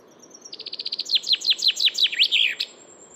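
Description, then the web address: Common chaffinch song: a fast run of short high notes, then a cascade of descending slurred notes ending in a brief flourish, under three seconds long. "Deverinetal 2025 File origin Bird Only Fr Co"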